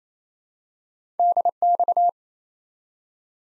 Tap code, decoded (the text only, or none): none